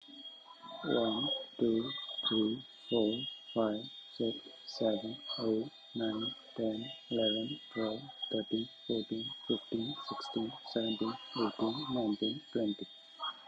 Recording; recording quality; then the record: counting at a normal pace; moderate, slight background noise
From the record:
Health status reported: healthy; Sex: male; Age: 25 years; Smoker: no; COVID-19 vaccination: both doses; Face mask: worn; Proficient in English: yes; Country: India